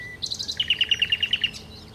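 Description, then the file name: Common nightingale phrase: a few high notes followed by about nine evenly spaced, slightly lower rapid notes repeated in a quick rhythmic series. "Nachtigall"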